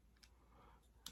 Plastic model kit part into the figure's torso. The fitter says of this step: slide that in till it clicks in you want to grab this piece